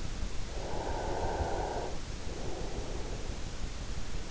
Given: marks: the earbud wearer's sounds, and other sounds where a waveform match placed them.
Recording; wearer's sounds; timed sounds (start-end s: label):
sounds in sleep by an in-ear microphone; breath
0.48-3.38 s: breath